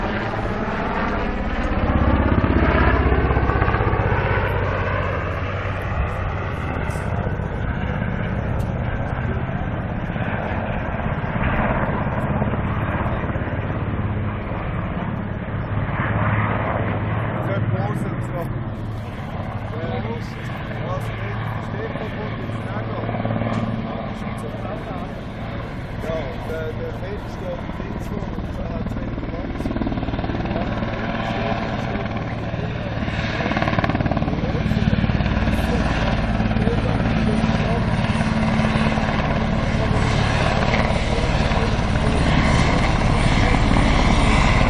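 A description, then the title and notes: A Super Puma helicopter flies acrobatic passes at Dübendorf, its heavy low rotor thrum steady and loud throughout. The engine whine rises and falls in pitch as it maneuvers, brightest near the start and again after thirty-five seconds, with faint voices underneath. Super Puma acrobatic in Dübendorf. Two practice runs for a life-sized Super Puma military aircraft doing acrobatics (death spirals, knife edge drops, stall turns, etc).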